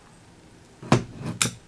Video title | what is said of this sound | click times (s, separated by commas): 8Bitdo Ultimate Wireless Controller Unboxing and Initial Impressions | and then the dock just fits in there perfectly you can hear it snap into place check it out oh I love that sound | 0.9 s, 1.4 s